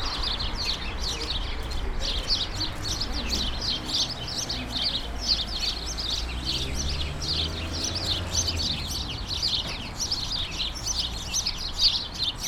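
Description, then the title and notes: Sparrow flock chattering continuously, dense overlapping chirps across the whole stretch, with low background rumble. Countless sparrows gathered in a hedge, attracted by birdseed balls hung by residents; Urbanstraße, January 17, 2009. "urbanstraße: spatzen in einer hecke - the city, the country & me: sparrows in a hedge. unzählige spatzen, angelockt von meisenknödeln, die von anwohnern in einer hecke angebracht wurden countless sparrows attracted by birdseed balls in a hedge the city, the country & me: january 17, 2009"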